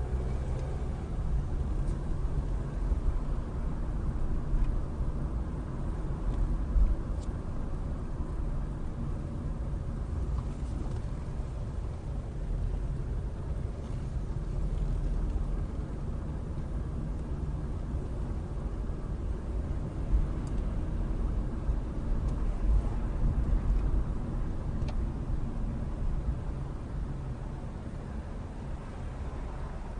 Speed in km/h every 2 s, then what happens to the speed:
15, 19, 19, 19, 15, 11, 8, 18, 18, 19, 23, 21, 18, 13, 5.
0-6 steady at about 19. 6-12 slows to 8. 12-21 speeds up to 23. 21-30 slows to 5.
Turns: 8-14.